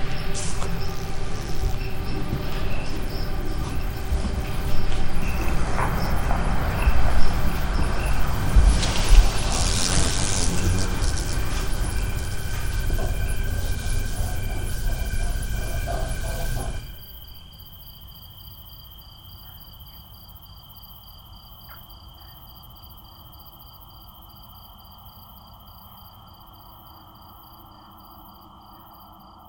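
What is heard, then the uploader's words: A field recording from the night of San Juan. For the first seventeen seconds a dense, rumbling crowd of noise fills everything, swelling with bright bursts around seven to ten seconds, then it cuts off abruptly, leaving steady high insect-like tones over near silence. Field recordings. Night of San Juan.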